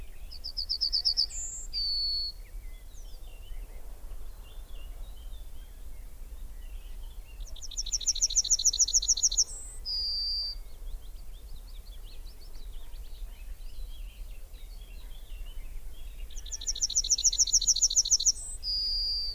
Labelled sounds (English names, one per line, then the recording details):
Yellowhammer song
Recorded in the wild
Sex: male
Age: adult
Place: Köppchensee, Berlin, DE
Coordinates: 52.6167, 13.3667
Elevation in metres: 40
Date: 1999-05-29 19:33
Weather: heiter, 28°C
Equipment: Sony MD-WM MZ-R3, Sennheiser ME 80, Kopie Uher 4000 Report Monitor
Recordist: Tembrock, Günter